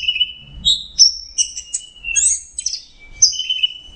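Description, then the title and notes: Orange-headed thrush song, short clear whistles and slurred notes alternating between high and middle pitch, with brief gaps and faint low background rumble. Masteran training recording for Anis Kembang (chestnut-capped thrush); Anis Merah teler song style. "Suara Burung Anis Merah Teler. Masteran Anis Kembang"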